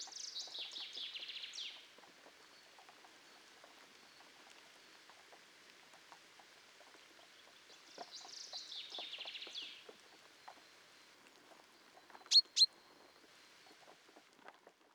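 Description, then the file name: Common chaffinch song: two fairly faint, descending trilled phrases about eight seconds apart, followed later by two sharp clicks. "Fringilla coelebs"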